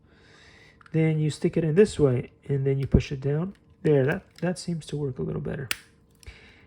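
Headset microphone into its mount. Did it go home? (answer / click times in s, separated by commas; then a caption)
yes / 6.2 s. Someone talks while turning a UHF headset microphone piece around, inserting it the other way into its mount and pushing it down. A faint shuffle comes just before a sharp click at 6.2 s as the microphone seats into place.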